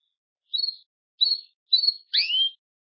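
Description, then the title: Belgian canary notes: three short high chirps, then a longer, more complex note. "Canario Belga"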